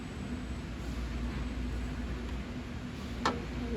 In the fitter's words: and then this is what's going to click into place